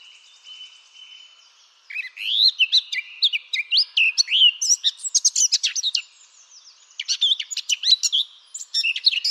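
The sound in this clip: Eurasian blackcap song: a quick, varied warble of sweet, rising and falling notes for several seconds, pausing briefly, then a burst of sharp chirps.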